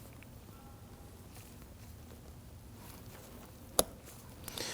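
A second metal brake pad abutment clip is pressed into the other side of the rear caliper bracket on a 2013–2019 Ford Interceptor Utility. After quiet handling, a sharp snap comes at 3.8 s, followed by a couple of faint ticks. The clip seats fully in the bracket.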